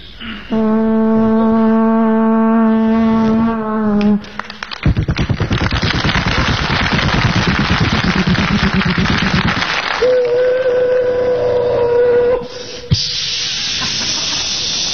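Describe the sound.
A voice imitates a train: a long, steady whistle-like hoot, then several seconds of loud, rhythmic hissing chuffs like steam, another sustained tone over hiss, and a final breathy hiss.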